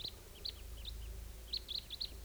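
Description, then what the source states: Red Crossbill flight calls: several short, sharp notes, some in quick succession, over a low rumbling background. Type 2 call type; a couple of birds flying around the area and passing directly over the recordist.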